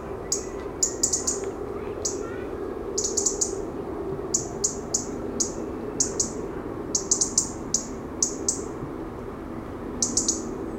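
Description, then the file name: European robin giving high, clicky ticks that trail into a thin whistle, repeated in short clusters with brief pauses, against a constant low-pitched hum. "Erithacus rubecula"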